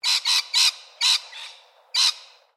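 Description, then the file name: Lorikeet giving harsh, screechy squawks: a few quick bursts in a row, more spaced calls, then one more loud rasping call. "BIRD LORRIKEETS"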